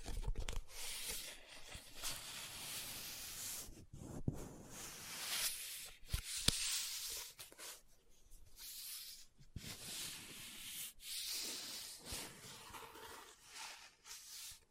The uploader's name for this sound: Book Tapping, Scratching, Page Turning